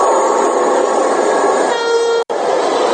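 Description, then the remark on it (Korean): A Haemoo fourth-generation high-speed train roars past in a steady, loud rush, and partway through a sustained tonal horn blares over the rumble, broken by a brief cut in the sound near the end. “4세대 고속철 해무가 모습을 드러낸 지 두 달 만에 KTX 운행 속도를 넘어서고 두 달 뒤 시속 350km 돌파 그리고 시속 421km를 달성하고 안정화 단계에 들어갔습니다.”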